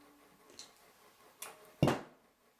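A plastic snap cap is squeezed hard with a snap press or pliers, rubber covering the male end, onto a male stud through a cloth pad. Three sharp clicks sound at 0.6, 1.4 and 1.8 s, the last one loudest, over a quiet background. The snap is seated and closed onto the stud.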